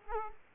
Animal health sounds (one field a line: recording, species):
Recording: mosquito wingbeat signal from an infrared sensor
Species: Culex quinquefasciatus